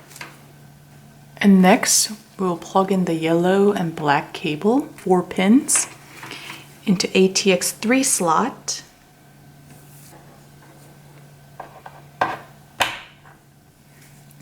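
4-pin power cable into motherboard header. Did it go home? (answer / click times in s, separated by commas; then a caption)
yes / 12.2 s. Someone talks while a yellow and black 4-pin power cable is plugged into the ATX3 header on the motherboard of an HP Pavilion Gaming Desktop 690-0073w. After a few faint handling ticks, the connector clicks in at 12.2 s, followed by another sharp tick at 12.8 s. The click means the connector is seated in place.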